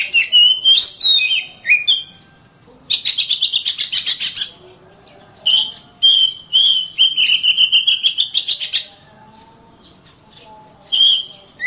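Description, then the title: Oriental magpie-robin song: sweet whistled phrases alternating with fast, buzzy chattering trills, bursts separated by short pauses, over a thin steady high-pitched whine. "KACER"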